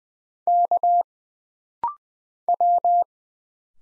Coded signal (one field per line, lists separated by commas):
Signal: Morse code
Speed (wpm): 20 wpm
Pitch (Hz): 700 Hz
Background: none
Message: K W